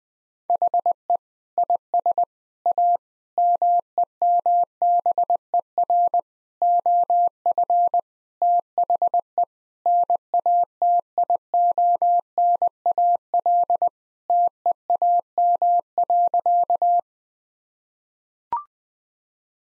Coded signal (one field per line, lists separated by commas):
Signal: Morse code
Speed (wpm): 20 wpm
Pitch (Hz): 700 Hz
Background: none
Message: HE IS A MEMBER OF THE NATIONAL TEAM.